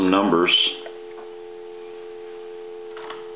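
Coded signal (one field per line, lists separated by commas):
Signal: telephone call progress tone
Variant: North America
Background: speech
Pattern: dial tone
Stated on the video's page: Heard on a Del Monte tomato telephone during final checkout after repair.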